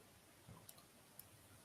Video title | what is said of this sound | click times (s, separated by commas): 2nd TiKA Talk mid-campaign Q&A and product demo. | then you hear the click. And it's on the base. | 0.7 s, 1.2 s